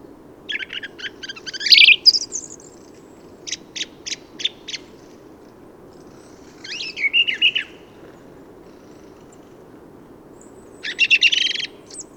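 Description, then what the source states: Song thrush song: a harsh buzzy burst, a series of clipped repeated notes, then scratchy twittered phrases with silent gaps, low hiss behind. Autumn improvised song, 15 November 2020, Forêt de Valdrôme, France; thrushes staying in forest thanks to heavy whitebeam and rowan fruiting; recorded with Nagra Seven and Telinga parabola.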